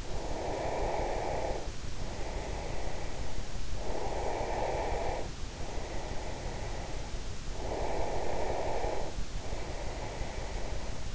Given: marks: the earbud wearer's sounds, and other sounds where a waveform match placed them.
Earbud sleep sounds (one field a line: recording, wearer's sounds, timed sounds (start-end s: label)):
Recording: sounds in sleep by an in-ear microphone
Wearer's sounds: breath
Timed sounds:
0.00-7.39 s: breath
7.46-11.15 s: breath